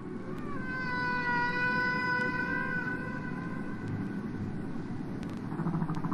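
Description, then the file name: Humpback whale song: a sustained harmonic moan lasting over two seconds that dips at its end, followed by softer low pulsing sounds amid constant rumble. "Ballena Jorobada"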